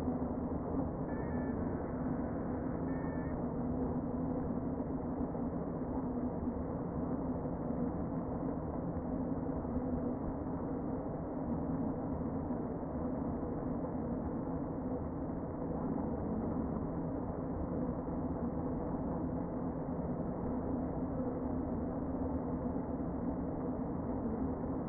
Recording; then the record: honeybee colony, microphone inside the hive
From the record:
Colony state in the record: queen present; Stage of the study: before two queens were removed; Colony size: about 60,000 bees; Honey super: yes